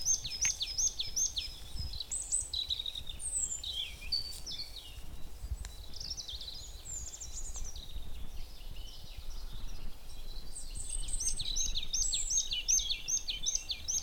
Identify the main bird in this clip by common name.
Marsh Tit